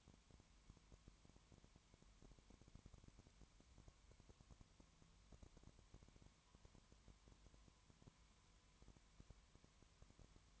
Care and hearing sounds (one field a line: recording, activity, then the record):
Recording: daily activity, microphone in the room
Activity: no activity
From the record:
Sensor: 3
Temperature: 20.1 degrees Celsius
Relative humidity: 31.4%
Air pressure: 1001.3 hPa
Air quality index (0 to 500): 74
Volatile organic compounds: 1 ppm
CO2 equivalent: 696 ppm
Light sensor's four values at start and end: 2/3/2/2 and 2/3/2/2